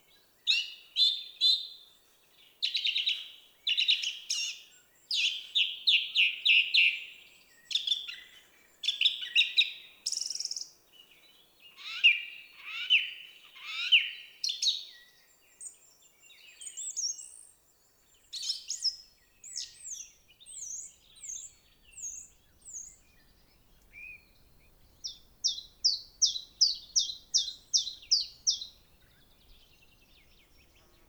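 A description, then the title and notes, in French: Wild birds sing in a quiet valley, pouring out dense bursts of bright, buzzy trills and chirps almost continuously for the first twenty seconds. Later come thinner high whistles and a rapid, regular run of sharp notes near twenty-five seconds. Little else is heard. Divers lieux dans la vallée du Maravel - divers équipements. Animaux et paysages sauvages de cette vallée du Haut-Diois.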